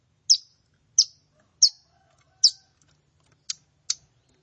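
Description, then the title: Plain prinia calls: six short, sharp, high chips spaced apart, in an otherwise quiet background. "Ciblek Sawah"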